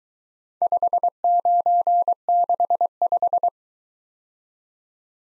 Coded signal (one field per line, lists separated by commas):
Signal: Morse code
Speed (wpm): 22 wpm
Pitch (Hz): 700 Hz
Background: none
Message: 5965